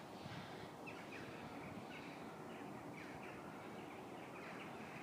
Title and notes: Schlosspark Herten, Lieferantenzufahrt zur LWL-Klinik - Vogelgezwitscher im Schlosspark Herten. Birds chirping on a mild February evening in the park of Herten, Germany